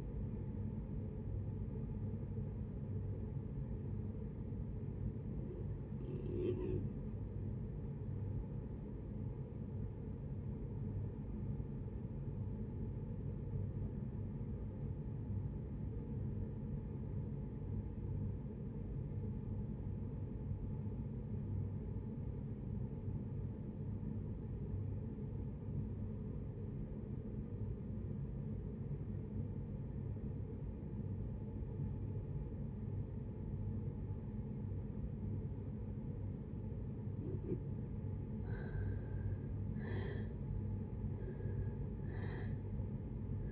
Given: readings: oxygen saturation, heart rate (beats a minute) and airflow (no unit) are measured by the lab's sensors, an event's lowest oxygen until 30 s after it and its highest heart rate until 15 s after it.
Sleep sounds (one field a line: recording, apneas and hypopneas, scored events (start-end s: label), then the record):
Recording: breathing in sleep by a smartphone at the bedside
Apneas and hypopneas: 1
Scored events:
6.00-43.52 s: new sleep stage, REM sleep
10.00-38.80 s: obstructive apnea (REM, oxygen 94% highest, then 67% lowest, heart rate 66 at the start, 80 highest)
From the record:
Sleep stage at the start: N1 (lightest sleep)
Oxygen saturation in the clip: 75 to 94%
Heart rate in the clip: 56 to 69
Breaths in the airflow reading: 4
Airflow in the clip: -7.3 to 6.0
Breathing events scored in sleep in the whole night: 496 in 5.4 hours asleep